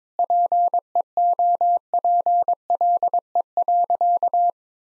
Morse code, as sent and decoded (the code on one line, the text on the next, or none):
.--. . --- .--. .-.. . .-.-.-
PEOPLE.